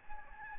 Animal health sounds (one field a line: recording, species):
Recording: mosquito wingbeat signal from an infrared sensor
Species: Aedes albopictus